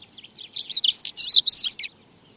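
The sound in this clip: Stonechat song: a single rapid, scratchy phrase of high, jumbled whistles and chirps lasting under two seconds, then quiet.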